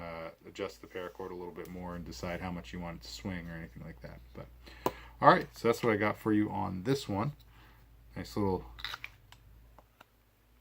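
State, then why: Seated. A small knife is pushed into a kydex neck sheath hanging on paracord while someone talks. A few faint taps come just before the knife seats with a tiny, sharp click at 9.0 s, followed by a couple of quieter ticks.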